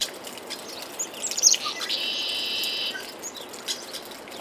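Bird calling, scattered high chirps followed by a steady high buzzy trill lasting about a second, over faint background hiss.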